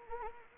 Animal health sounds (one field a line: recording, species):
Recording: mosquito wingbeat signal from an infrared sensor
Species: Anopheles arabiensis